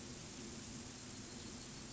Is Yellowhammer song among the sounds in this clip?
no